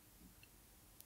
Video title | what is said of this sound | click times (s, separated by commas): [Tuto] Changer la RAM de son iMac | là vous sentez un petit un petit clic qui vous dit que ça y est c'est c'est en place donc | 1.0 s